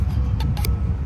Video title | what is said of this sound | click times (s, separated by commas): My First Rocket ! Estes Alfa Model Kit | till it snaps in place right it snaps in place and there is the rocket engine | 0.7 s